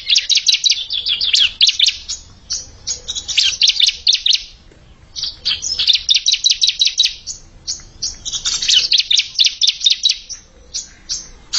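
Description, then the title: Bar-winged prinia: bursts of quick, high chirping notes, each lasting a second or two, separated by short silences and repeated several times. "Kicau Ciblek"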